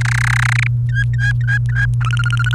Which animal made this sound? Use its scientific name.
Serinus canaria